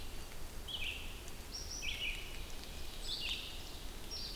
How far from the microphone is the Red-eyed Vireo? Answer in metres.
about 50 m